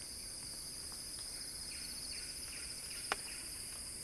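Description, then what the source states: Cicada buzzing in a dense, high, unbroken drone while faint chirps repeat, and one sharp click sounds near the end. Cicada song described as a crescendo.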